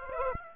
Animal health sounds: mosquito wingbeat signal from an infrared sensor; Aedes aegypti

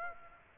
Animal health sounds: mosquito wingbeat signal from an infrared sensor; Aedes aegypti

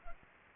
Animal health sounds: mosquito wingbeat signal from an infrared sensor; Culex pipiens

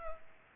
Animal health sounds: mosquito wingbeat signal from an infrared sensor; Culex pipiens

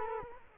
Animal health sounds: mosquito wingbeat signal from an infrared sensor; Culex quinquefasciatus

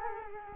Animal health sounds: mosquito wingbeat signal from an infrared sensor; Culex quinquefasciatus

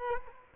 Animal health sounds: mosquito wingbeat signal from an infrared sensor; Culex quinquefasciatus

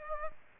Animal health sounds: mosquito wingbeat signal from an infrared sensor; Aedes aegypti

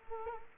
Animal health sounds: mosquito wingbeat signal from an infrared sensor; Culex quinquefasciatus

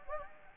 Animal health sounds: mosquito wingbeat signal from an infrared sensor; Anopheles gambiae

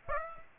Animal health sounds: mosquito wingbeat signal from an infrared sensor; Aedes aegypti

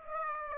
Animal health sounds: mosquito wingbeat signal from an infrared sensor; Aedes aegypti

